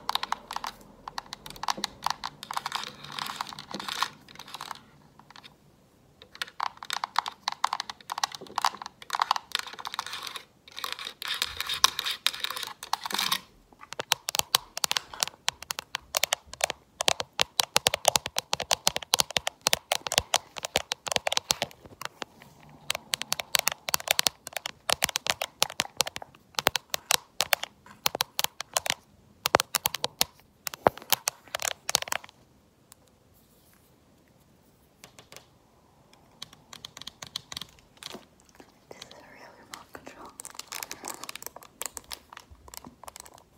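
Fingernails tap fast and hard in dense, clicky bursts, sounding much like rapid typing on a keyboard. The clicking runs almost nonstop, with short pauses near 6, 13 and 34 seconds and quieter stretches toward the end. The taps are sharp and bright with little low sound.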